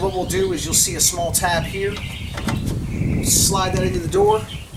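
A small plastic tab on the interior door handle of a 2003-2008 Toyota Corolla is slid into the car door. Someone talks while there are faint handling noises and two brief knocks near 2.4 and 2.5 seconds. The tab has not snapped into place yet, so nothing has seated or clicked.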